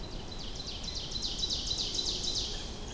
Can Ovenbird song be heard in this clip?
yes